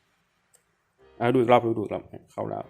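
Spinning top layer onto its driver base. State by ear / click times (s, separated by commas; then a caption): seated / 0.6 s. A plastic Beyblade Burst Superking/Sparking B-163 Brave Valkyrie 2A Evolution spinning-top layer is twisted onto its driver base until it locks, giving a short, faint tick at 0.6 s. Someone then talks, and the layer is seated and locked.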